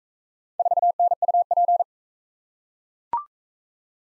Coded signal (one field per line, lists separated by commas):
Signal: Morse code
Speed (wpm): 42 wpm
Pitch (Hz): 700 Hz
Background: none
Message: 4NUP